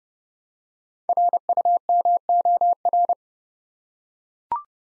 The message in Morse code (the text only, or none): RUMOR